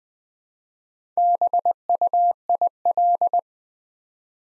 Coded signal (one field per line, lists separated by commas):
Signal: Morse code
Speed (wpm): 20 wpm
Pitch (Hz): 700 Hz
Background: none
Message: BUIL